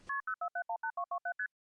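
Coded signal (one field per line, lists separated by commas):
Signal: multi-frequency trunk signalling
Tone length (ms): 90 ms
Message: KP04718227ST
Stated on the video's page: Recordings of the analog telephone network, 1976-1981.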